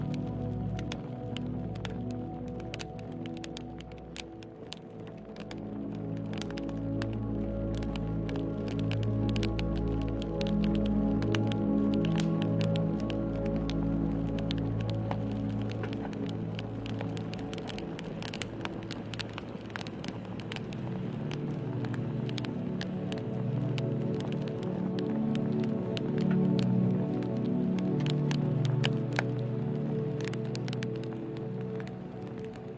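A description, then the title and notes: Firewood crackles with frequent sharp pops and snaps over a steady low rumble that holds evenly throughout, swelling slightly near the end. A dreamy night with firewood at the campsite.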